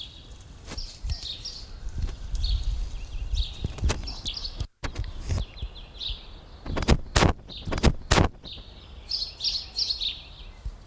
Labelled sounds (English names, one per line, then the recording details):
House Sparrow
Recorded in the wild
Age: adult
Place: Lübars, Benekendorffstraße, Berlin, DE
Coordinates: 52.6167, 13.3469
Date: 1998-04-05 15:34
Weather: sunny, 15°C
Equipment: Sony MD-WM MZ-R3, Sennheiser MKH 416 T, Kopie Uher 4000 Report Monitor
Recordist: Tembrock, Günter